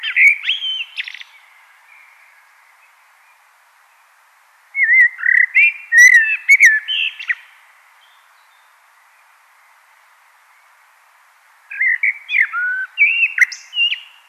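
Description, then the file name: Common blackbird singing three separate phrases of rich, fluty, wavering whistles with brief scratchy high notes, spaced several seconds apart. "Turdus merula"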